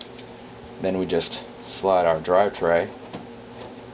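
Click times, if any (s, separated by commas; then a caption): 0.0 s. A plastic tool-less drive tray is flexed so its pins go into a hard drive's holes on one side, then the other side is released until it pops into place. A sharp snap comes at 0.0 s as the drive tray pin pops into the drive hole and the drive is seated, after which someone talks.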